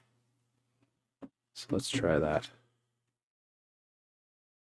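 A plastic Lego rear section is handled and lined up with the small ball-joint receivers on a car model, with a faint handling tick at about 1.2 s and a low steady hum underneath. Someone talks briefly. Nothing has seated or clicked yet.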